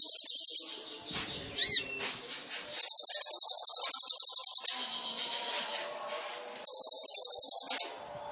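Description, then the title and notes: Sunbird song with fast buzzy high trills in long bursts, broken by a rising and falling whistled note. Kolibri ninja sunbird in vigorous (gacor) song, full of isian fill-ins and tembakan bursts, meant to prompt other birds (pancingan). "MASTERAN KOLIBRI NINJA FULL ISIAN DAN TEMBAKAN COCOK BUAT PANCINGAN. Suara Burung Kolibri Ninja Gacor"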